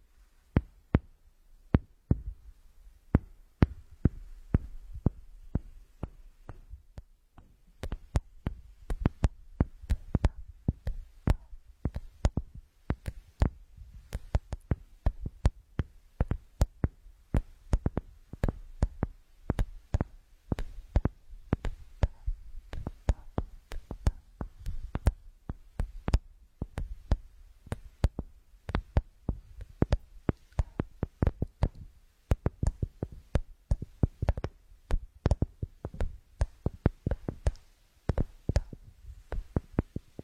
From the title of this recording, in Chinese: 酥爽敲击音